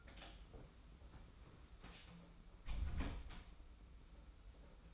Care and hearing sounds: daily activity, microphone in the room; close door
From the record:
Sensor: 1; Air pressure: 991.5 hPa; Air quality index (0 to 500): 134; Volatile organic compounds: 513 ppm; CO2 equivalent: 4836 ppm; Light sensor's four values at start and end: 38/119/47/48 and 38/119/47/48

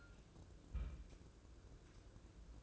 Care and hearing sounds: daily activity, microphone in the room; place on stove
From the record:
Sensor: 2

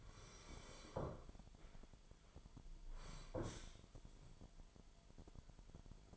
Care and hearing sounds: daily activity, microphone in the room; sit down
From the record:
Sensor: 5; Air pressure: 998.6 hPa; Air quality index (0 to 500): 88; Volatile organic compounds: 2 ppm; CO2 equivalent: 1014 ppm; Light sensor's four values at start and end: 32/78/32/36 and 32/78/32/36

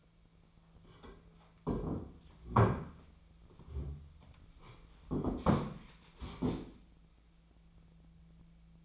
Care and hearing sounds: daily activity, microphone in the room; sit down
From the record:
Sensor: 1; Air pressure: 1008.2 hPa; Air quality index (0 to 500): 191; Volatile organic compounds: 17 ppm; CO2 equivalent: 2590 ppm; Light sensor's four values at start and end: 13/33/13/15 and 14/36/14/16

